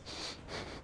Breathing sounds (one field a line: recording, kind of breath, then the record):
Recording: one breath in and out by a microphone near the nose and mouth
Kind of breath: strong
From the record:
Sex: male